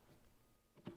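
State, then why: Not seated. A steam hose connector with five female sockets and one male pin is lined up and pushed toward the socket of an AMMO steam machine unit, with a few faint handling taps and a short thud near 0.9 s. Nothing has seated or clicked yet; the clip ends before the connector goes home.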